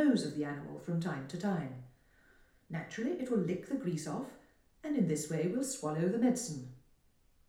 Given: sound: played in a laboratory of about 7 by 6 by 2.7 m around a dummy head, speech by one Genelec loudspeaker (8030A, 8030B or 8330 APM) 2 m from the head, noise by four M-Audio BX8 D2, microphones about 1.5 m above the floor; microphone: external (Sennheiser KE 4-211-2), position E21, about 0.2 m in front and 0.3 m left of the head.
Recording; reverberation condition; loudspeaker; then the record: female speech in English; medium; 150 degrees to the left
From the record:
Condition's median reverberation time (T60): about 510 ms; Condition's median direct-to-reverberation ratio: about -0.5 dB